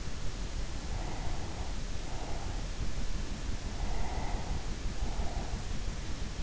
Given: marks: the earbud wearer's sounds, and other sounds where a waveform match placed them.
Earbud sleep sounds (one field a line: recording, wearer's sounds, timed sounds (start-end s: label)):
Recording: sounds in sleep by an in-ear microphone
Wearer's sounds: breath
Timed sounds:
0.48-3.00 s: breath
3.77-6.09 s: breath